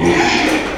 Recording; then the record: squeal of a Yucatan mini pig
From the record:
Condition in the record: after surgery on the right vocal fold (resection and tissue-engineered implant); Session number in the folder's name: 2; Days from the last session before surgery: 13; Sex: male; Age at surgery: 12 weeks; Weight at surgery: 13 kg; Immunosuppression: cyclosporine, prednisolone